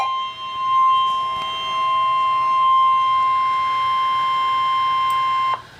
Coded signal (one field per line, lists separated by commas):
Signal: Emergency Alert System (SAME) tones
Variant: 1050 Hz attention tone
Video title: EAS Alert #68